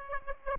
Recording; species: mosquito wingbeat signal from an infrared sensor; Aedes aegypti